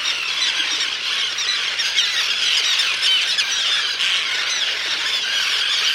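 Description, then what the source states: Tern colony clamour, a steady wash of shrill overlapping cries and squawks from many birds at once. Common terns and endangered roseate terns on Faulkner Island off Guilford, Connecticut, in Long Island Sound, during an annual nest count; one of the terns' last safe retreats; cries sound angry.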